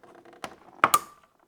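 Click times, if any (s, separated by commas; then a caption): 0.8 s. While reinstalling a Honda Gold Wing motorcycle seat, a slot on the seat piece is fitted over a small mounting tab, and the piece is brought underneath and slid up. After faint ticks and a softer knock near 0.4 s, a sharp, loud, fast-dying click at 0.8 s is followed by a second hit at 0.9 s with a brief ringing tone. The seat piece is confirmed seated on the tab.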